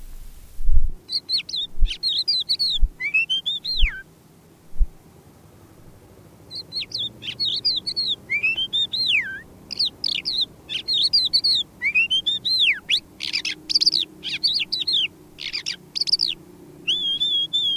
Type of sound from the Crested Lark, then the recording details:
song. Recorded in the wild. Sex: male. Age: adult. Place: Erlangen, OT Schallershof, Bayern, DE. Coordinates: 49.5792, 10.9736. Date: 1962-05-10. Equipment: Überspiel, Vollspur, CCIR-Norm mit Tiefenbedämpfung. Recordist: Tretzel, Erwin